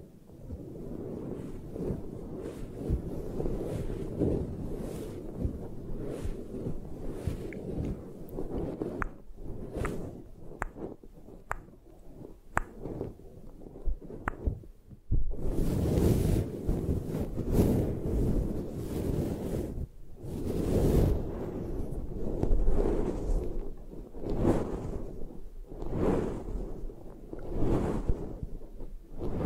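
Tapping sounds in quick, irregular strings, set against a heavy, low rumbling wash like wind across a microphone. Around the halfway point the rumble swells louder and brighter, with gusty bursts near 16 and 21 seconds, and the taps continue through it.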